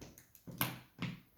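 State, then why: Seated. The lid of an MK-Skull Ultra Box jack-in-the-box is pressed down over the figure until its latch catches with a sharp click at 0.6 s, after a few faint taps. A softer thump follows at 1.0 s. The lid is now latched shut and locked.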